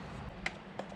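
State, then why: Seated. On a BMW 335i, a two-prong breather oil filler cap is given a second twist on the engine valve cover filler neck and locks in place with a sharp click at 0.5 s. A softer click follows at 0.8 s over a steady low hum, and the cap is seated.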